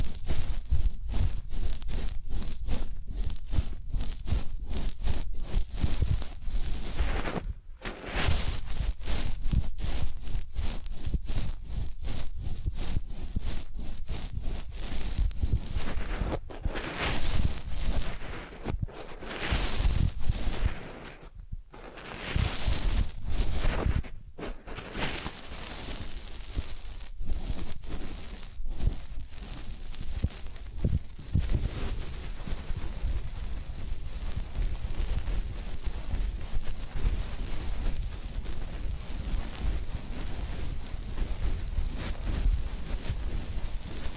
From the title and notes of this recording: ASMR Relaxing Massage, Ear Cleaning and Spa Making You Sleep Instantly (No Talking).